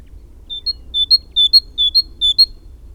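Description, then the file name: Great tit giving a steady run of five two-note phrases, bright whistled notes alternating low then high in a see-saw rhythm, low hum underneath. "Parus major"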